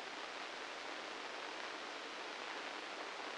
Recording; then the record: brain microelectrode recording played as sound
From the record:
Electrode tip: inside the subthalamic nucleus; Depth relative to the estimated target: -2 mm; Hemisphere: left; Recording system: NeuroSet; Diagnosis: Parkinson's disease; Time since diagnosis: 13 years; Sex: male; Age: 65 years